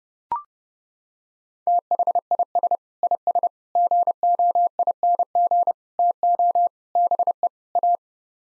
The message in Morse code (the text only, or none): THIS IS GOING TO BE A